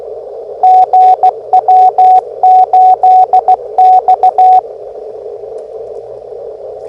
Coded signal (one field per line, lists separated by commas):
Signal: Morse code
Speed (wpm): 15 wpm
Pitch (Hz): 740 Hz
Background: radio noise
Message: GW8X